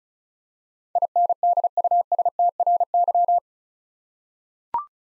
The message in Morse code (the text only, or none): INDUSTRY